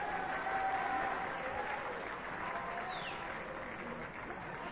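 A concert audience roars with many overlapping voices shouting at once, a dense, steady clamor that sounds like people calling out song requests amid clapping-like noise.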